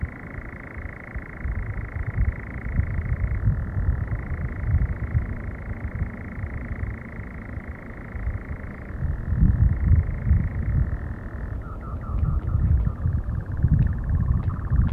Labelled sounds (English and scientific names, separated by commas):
Eurasian Nightjar (Caprimulgus europaeus)